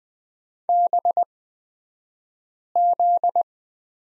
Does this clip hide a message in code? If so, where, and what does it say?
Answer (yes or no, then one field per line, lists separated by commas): yes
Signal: Morse code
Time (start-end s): 0.7-3.4 s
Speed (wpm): 20 wpm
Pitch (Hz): 700 Hz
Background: none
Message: BZ